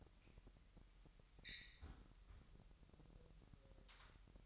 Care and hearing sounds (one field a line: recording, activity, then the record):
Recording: daily activity, microphone in the room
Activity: close fridge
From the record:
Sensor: 3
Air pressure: 1001.9 hPa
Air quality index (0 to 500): 247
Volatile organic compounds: 51 ppm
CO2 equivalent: 3312 ppm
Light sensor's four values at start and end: 12/36/16/13 and 12/36/16/13